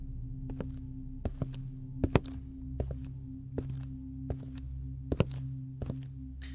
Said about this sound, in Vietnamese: Nhưng chỉ được độ 3 nhịp thở thì tiếng động ấy vang lên mồn một. Và lần này tiếng bước chân không phải là dẫm lên lá khô nữa, mà hình như đang đi thình thịch ở ngoài hiên, ngoài sân vậy.